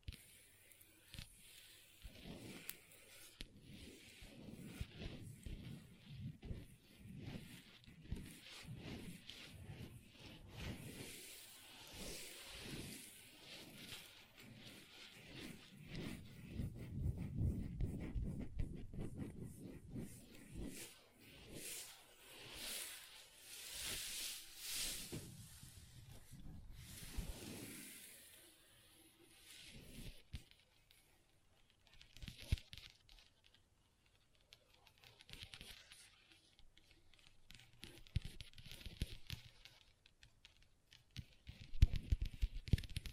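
Long nails tap and scratch on a table in a steady stream of soft clicks and rasping strokes, with denser, brighter scratching around the middle. Toward the end the sounds thin into scattered taps, ending with a few sharper knocks.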